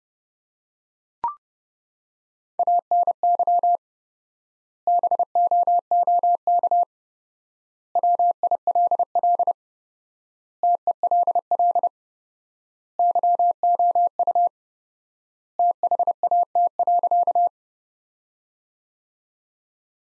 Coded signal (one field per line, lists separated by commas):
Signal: Morse code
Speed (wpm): 30 wpm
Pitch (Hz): 700 Hz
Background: none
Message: ANY BOOK WILL TELL YOU THAT.